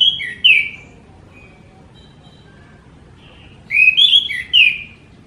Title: Kicau Mania Suara Burung Anis Merah Gacor Teler Doyorng Juara